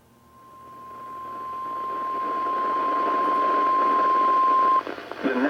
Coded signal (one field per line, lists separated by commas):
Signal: Emergency Alert System (SAME) tones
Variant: 1050 Hz attention tone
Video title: EAS #1129-#1135: To the Northeast | KHB36 & KEC83